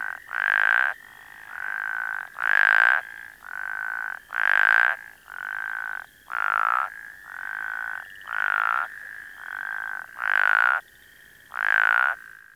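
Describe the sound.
Plains spadefoot giving hoarse, nasal bleating calls, each about half a second long, with loud bleats about every two seconds and quieter bleats between them.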